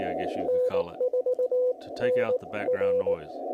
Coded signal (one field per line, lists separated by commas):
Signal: Morse code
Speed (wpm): 18 wpm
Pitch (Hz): 500 Hz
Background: speech, radio noise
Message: N4NR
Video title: AI Morse Code Clarity? | CW | Ham Radio